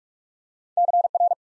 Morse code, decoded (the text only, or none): CR